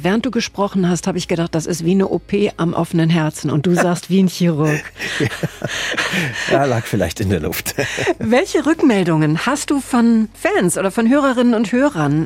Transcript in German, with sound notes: Während Du gesprochen hast, habe ich gedacht, das ist wie eine OP am offenen Herzen und Du sagst das wie ein Chirurg.
Ja, lag vielleicht in der Luft (lacht)
Welche Rückmeldungen hast Du von Fans oder von Hörerinnen und Hörern?